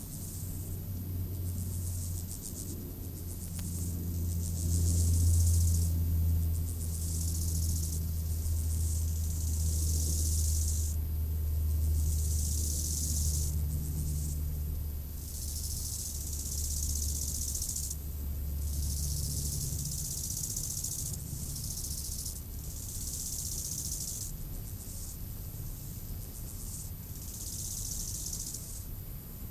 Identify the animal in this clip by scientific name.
Chorthippus biguttulus